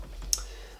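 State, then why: Released. An endoscope cable plug is released from the socket of a handheld monitor as the silver release button is held down and the plug is pulled out. A single sharp click sounds at 0.3 s against a low steady hum, and the cable connector comes free of the monitor.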